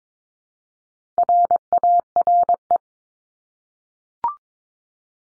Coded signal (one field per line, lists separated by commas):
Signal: Morse code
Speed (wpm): 22 wpm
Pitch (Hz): 700 Hz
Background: none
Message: RARE